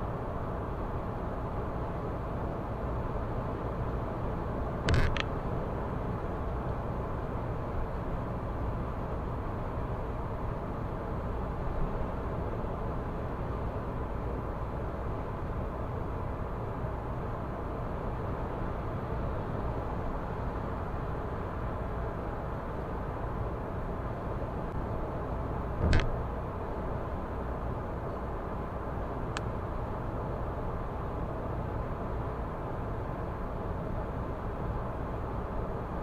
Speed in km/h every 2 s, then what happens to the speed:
106, 106, 106, 106, 106, 106, 106, 106, 106, 106, 106, 106, 106, 106, 106, 106, 106, 106.
0-36 steady at about 106.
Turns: none.